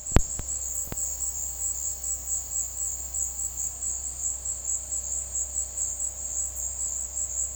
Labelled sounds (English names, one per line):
none